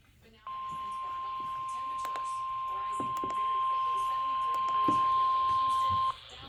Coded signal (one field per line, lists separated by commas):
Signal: Emergency Alert System (SAME) tones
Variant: 1050 Hz attention tone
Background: speech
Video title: Eas rwt on KHB40 and kwwj 1360am Baytown tx Eas#492- 493)